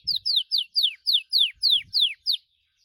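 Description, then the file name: Gloster canary song: a short run of nine clear descending whistled notes, evenly spaced, with faint low thumps in the background. "canto do canario gloster"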